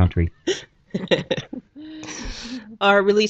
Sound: laughs